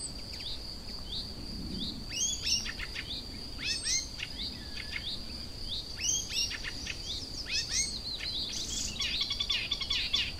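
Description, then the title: Icterine warbler song in short energetic bursts of harsh chatter and downslurred squeaks, separated by brief gaps, over a constant high whine. Kirchdorf, Germany. "Kirchdorf, Deutschland - Gelbspötter"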